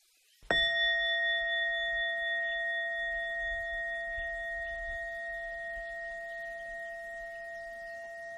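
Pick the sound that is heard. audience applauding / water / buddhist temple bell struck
buddhist temple bell struck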